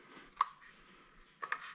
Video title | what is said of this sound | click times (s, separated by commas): Kessler Shotgun, All finished | and the bolt just pops in | 0.4 s